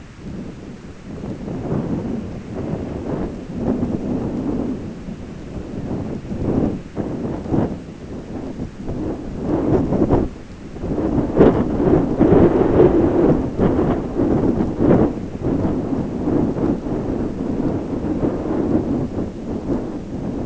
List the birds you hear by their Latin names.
none